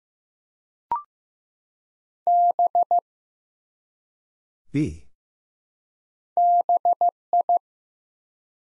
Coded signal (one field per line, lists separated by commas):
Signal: Morse code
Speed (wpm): 15 wpm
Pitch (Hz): 700 Hz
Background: none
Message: B BI